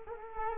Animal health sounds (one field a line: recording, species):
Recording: mosquito wingbeat signal from an infrared sensor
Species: Culex quinquefasciatus